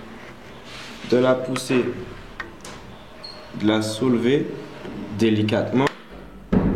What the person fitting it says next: Là, quand vous entendez ce petit tac, c'est dire que vous pouvez enlever le microprocesseur.